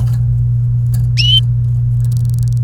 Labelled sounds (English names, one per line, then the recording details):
Domestic Canary song
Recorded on 28 April 2018 at 09:28
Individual llb3